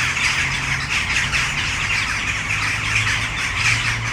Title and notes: Malinovského nám. 571/1, 602 00 Brno-střed-Brno-město, Česko - Western jackdaws at sunset. A tree full of jackdaws in the city center of Brno